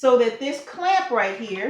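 Someone talks while the metal lid of a pressure canner is handled on the canner body so its clamp can lock into place. Nothing has seated or clicked yet.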